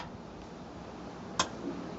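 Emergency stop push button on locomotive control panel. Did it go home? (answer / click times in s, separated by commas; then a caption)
released / 1.4 s. The pressed-in emergency stop push button on the control panel of a 10.25 inch model locomotive is reset by twisting it. It springs back out with one sharp click at 1.4 s over a low background hum, and the controls are live again.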